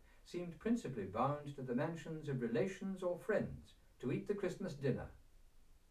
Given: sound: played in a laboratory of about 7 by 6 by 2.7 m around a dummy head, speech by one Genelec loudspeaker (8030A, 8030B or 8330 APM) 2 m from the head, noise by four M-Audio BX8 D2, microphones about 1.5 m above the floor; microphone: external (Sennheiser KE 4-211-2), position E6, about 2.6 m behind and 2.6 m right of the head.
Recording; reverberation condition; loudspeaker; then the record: male speech in English; low; 90 degrees to the left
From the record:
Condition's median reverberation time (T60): about 310 ms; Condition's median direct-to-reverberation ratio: about 3.5 dB